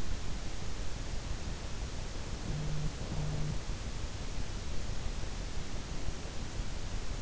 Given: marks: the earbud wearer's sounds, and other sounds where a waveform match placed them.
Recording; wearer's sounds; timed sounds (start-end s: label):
sounds in sleep by an in-ear microphone; breath
2.30-3.77 s: sound from someone else or the room
2.53-3.77 s: breath